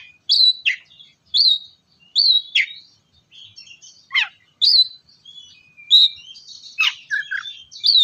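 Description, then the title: Oriental magpie-robin song: clear whistled notes repeated roughly every second, mixed with harsher downward-sweeping chirps and short buzzy phrases. "kacer"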